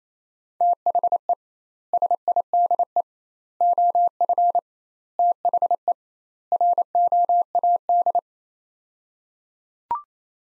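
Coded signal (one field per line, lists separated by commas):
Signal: Morse code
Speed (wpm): 28 wpm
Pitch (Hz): 700 Hz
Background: none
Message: THE SIDE OF THE ROAD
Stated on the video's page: Practice sets of five words at 28 wpm with 2x word spacing, a Farnsworth-like method applied to words.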